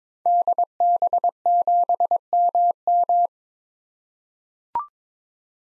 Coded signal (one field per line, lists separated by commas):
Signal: Morse code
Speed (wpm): 21 wpm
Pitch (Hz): 700 Hz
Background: none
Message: DB7MM